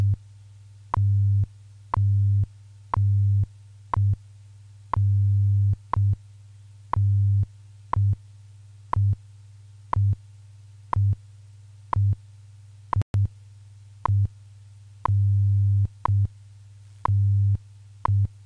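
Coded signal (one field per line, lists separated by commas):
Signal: radio time signal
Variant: WWV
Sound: sharp tick every second with low buzzing hum pulses of differing lengths between ticks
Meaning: A tick marks each second, and the hum pulse lengths carry the time code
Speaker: providing time of day standard time interval and other related information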